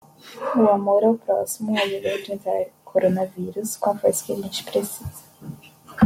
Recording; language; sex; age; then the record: spoken sentence; Brazilian Portuguese; female; 20 to 29 years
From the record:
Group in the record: control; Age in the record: 20 years